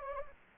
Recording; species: mosquito wingbeat signal from an infrared sensor; Anopheles gambiae